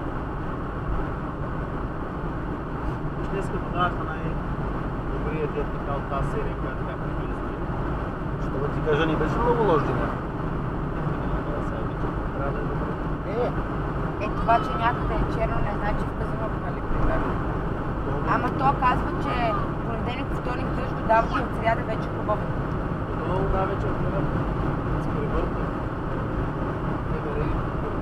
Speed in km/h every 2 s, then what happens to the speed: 95, 95, 95, 95, 96, 96, 97, 98, 98, 99, 99, 99, 100, 98.
0-28 steady at about 97.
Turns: none.